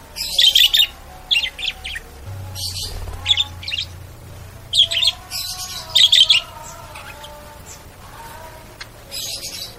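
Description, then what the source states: Bird producing scratchy, high chirps in uneven bursts, some slightly squawky, over a faint low drone and soft tonal notes. Bird ringtone with melodious sounds.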